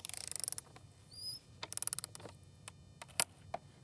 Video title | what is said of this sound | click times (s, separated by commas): Deck Building 101: Complete Beginner's Guide (Start Here) | As soon as this clicks, we're tight enough. | 3.2 s